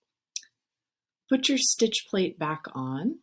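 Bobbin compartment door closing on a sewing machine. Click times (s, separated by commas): 0.4 s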